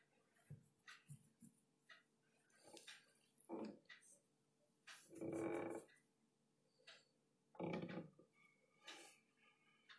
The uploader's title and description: ticking of the clock, writing ASMR, page flipping and typing. You can hear the clock, me flipping pages, typing and writing.